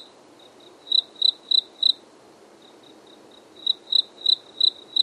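Cricket chirping, high clear pulses in two bursts of four or five quick chirps separated by a pause, over a soft steady background hiss.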